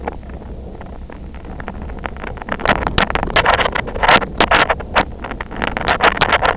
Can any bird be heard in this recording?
no